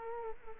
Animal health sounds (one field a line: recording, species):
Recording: mosquito wingbeat signal from an infrared sensor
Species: Culex quinquefasciatus